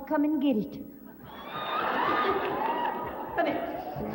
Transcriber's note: soundbite of laughter, cheers